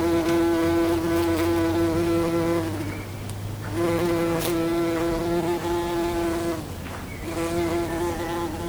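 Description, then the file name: Bumblebee buzzing in three long droning bursts separated by brief dips. "Hummel bee"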